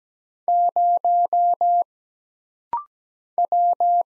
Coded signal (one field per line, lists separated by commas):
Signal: Morse code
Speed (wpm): 17 wpm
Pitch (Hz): 700 Hz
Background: none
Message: 0 W